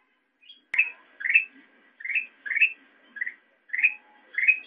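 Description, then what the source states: Sooty-headed bulbul uttering seven warbled chirps at irregular intervals, the first with a sharp click. Intended for masteran, tutoring other songbirds to copy the call.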